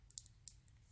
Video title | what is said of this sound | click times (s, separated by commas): Zongii - Cheapest ($) Dual Alcohol Marker Full Review & Demo | is tough do you hear the snap that's good so yes yes | 0.5 s